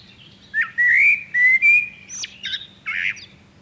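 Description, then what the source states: Common blackbird singing one phrase of mellow, slurred whistles that slide into sharp, high squeaky flourishes at the end, over a faint low hum. Nominate subspecies Turdus merula merula.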